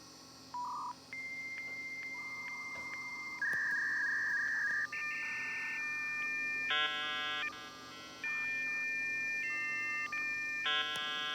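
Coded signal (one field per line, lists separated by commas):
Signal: dial-up modem handshake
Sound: short beep, interrupted high answer tone, warbling chirps, then bursts of harsh chord-like tones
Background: quiet room hum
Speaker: anyway we will go ahead and hit connect and in a moment you'll hear those wonderfully classic 90s dial-up sounds i don't know if you'll be able to hear that because it's so quiet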